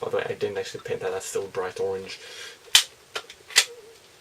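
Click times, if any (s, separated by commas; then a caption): 2.8 s. Someone talks, then pulls back the plastic priming lever on a repainted Nerf blaster, a Star Wars Rogue One Cassian Andor prop, to cock the spring. The lever catches with a sharp click at 2.8 s, latching into place, followed by quieter sharp clicks around 3.2 s and 3.6 s.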